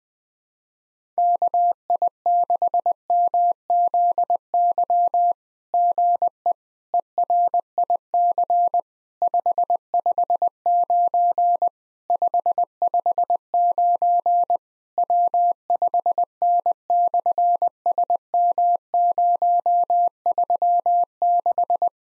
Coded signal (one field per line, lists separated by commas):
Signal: Morse code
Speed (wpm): 20 wpm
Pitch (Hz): 700 Hz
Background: none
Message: KI6MZY GE ERIC 559 559 W5N/SM036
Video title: SOTA QSO Practice 20wpm